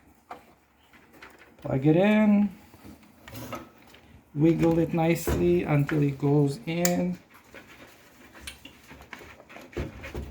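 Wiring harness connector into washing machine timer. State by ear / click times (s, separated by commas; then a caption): seated / 9.1 s. A wiring harness plug is wiggled onto a new washing-machine cycle timer while someone talks, with light handling taps and rattles between the spoken phrases. A sharp click at 9.1 s marks the connector seating fully onto the timer.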